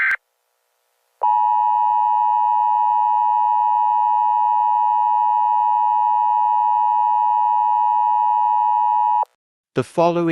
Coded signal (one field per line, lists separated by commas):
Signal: Emergency Alert System (SAME) tones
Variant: 853 and 960 Hz attention tone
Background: speech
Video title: Eas scenario Smile man analog horror